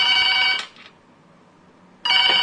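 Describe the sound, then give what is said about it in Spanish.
A telephone rings in loud, bright trilling bursts: one ring, a short silent pause, then the next ring starting. No one speaks. “Nuestro teléfono en cabina, ahora los efectos andan adormilados.”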